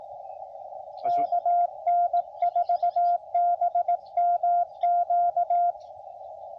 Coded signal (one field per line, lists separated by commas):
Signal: Morse code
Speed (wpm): 18 wpm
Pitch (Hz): 700 Hz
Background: radio noise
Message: KN4BMQ